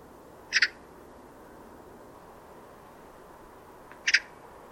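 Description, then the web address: Bird calls: two short, sharp double chirps about three and a half seconds apart, separated by quiet background hiss. "Deverinetal 2025 File origin Bird Only"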